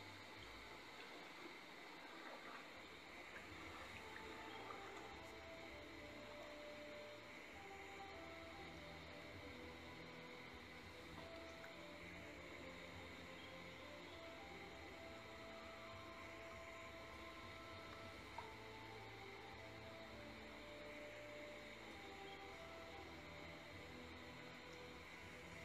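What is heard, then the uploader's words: A boat ride through the rainforest, carried by a steady engine drone with a deep rumble underneath. Bright, unbroken whining bands hang above it, and short wavering tones come and go in the middle. The level stays even throughout, with one small tick near 18 seconds. Pov: you're on a boat ride through the rainforest. Water.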